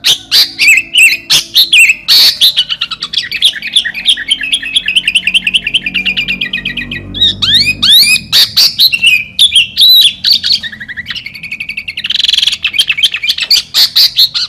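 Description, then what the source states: Sooty-headed bulbul song, a long, almost unbroken run of rapid chattering notes with brief sweeping whistles in the middle. Recording meant as masteran, a tutor recording for training other songbirds.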